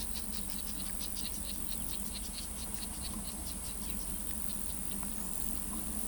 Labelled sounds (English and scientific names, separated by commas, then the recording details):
American Purple Gallinule (Porphyrio martinica)
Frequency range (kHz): American Purple Gallinule (Porphyrio martinica) 1.7-7.8 kHz
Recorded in pastures near Pivijay, Magdalena, Colombia, on 5 June 2023 at 17:30
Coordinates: 10.456, -74.369
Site P6-G026